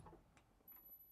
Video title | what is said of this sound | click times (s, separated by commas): Custom Skoolie detailed look. Camper Bus | From the outside, you can't snap this all the way shut, | 0.1 s